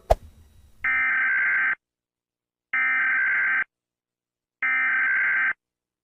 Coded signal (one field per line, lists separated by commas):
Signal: Emergency Alert System (SAME) tones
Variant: header bursts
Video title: comparison: EAS Alarm sounds around the world